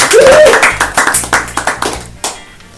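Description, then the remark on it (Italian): An audience breaks into applause, a loud flurry of hand claps with a brief vocal cry at the start, the clapping thinning out and fading toward the end. “E quindi ragazzi, un applauso a questi amici.”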